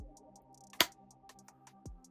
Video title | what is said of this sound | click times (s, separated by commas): Makin' a case... 357 Herrett | Okay, that latched. | 0.8 s